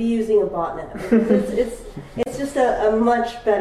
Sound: laughters